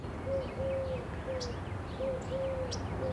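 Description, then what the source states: Eurasian collared dove cooing: three low, hollow notes, the middle one drawn out, given twice in a row, with faint high chirps of other birds and a low background rumble. Three-note 'woo-hoo-hoo' call; several doves calling outdoors during a walk among palm trees toward the ocean.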